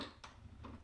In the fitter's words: it should rest by itself. Just do it a few times. Okay, great, until it clicks.